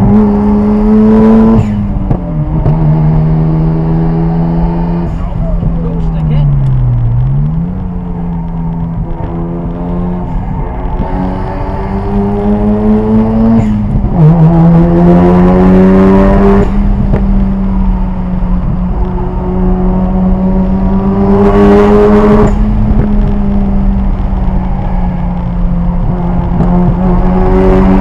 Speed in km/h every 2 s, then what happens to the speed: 109, 108, 113, 77, 81, 93, 106, 127, 122, 122, 140, 126, 116, 126.
4-6 brakes to 77. 7-14 speeds up to 127. 17-21 speeds up to 140. 21-23 brakes to 116. 24-28 speeds up to 126.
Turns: 6-11, 19-25.